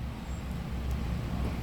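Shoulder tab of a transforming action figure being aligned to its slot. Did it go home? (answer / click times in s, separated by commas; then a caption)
no / none. The plastic shoulder tab of a Transformers Age of the Primes Solus Prime action figure is rotated upwards and lined up with its slot behind the wheel, ahead of locking the tab in. Only a steady low rumble like distant traffic is heard, with no sudden sounds. Nothing has clicked or locked into place yet.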